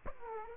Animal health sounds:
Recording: mosquito wingbeat signal from an infrared sensor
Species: Aedes aegypti

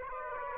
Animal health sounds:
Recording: mosquito wingbeat signal from an infrared sensor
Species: Aedes aegypti

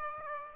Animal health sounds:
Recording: mosquito wingbeat signal from an infrared sensor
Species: Aedes aegypti

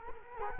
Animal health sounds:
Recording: mosquito wingbeat signal from an infrared sensor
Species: Culex quinquefasciatus

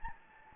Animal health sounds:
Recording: mosquito wingbeat signal from an infrared sensor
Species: Anopheles gambiae

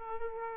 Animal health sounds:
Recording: mosquito wingbeat signal from an infrared sensor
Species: Aedes aegypti

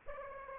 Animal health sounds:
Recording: mosquito wingbeat signal from an infrared sensor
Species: Aedes aegypti

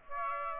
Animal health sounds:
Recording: mosquito wingbeat signal from an infrared sensor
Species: Aedes aegypti

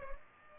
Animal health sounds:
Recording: mosquito wingbeat signal from an infrared sensor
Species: Culex pipiens

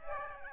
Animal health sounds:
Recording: mosquito wingbeat signal from an infrared sensor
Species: Aedes aegypti

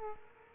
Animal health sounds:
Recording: mosquito wingbeat signal from an infrared sensor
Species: Aedes aegypti

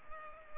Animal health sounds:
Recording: mosquito wingbeat signal from an infrared sensor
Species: Culex pipiens

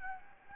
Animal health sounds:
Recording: mosquito wingbeat signal from an infrared sensor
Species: Anopheles gambiae

